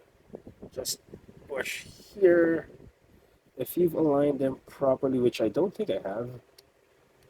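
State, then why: Seated. Someone talks while pushing the plastic tab on a transforming toy robot's hip into the slot inside its left leg. A short, sharp click is heard at 6.6 s as the left tab seats.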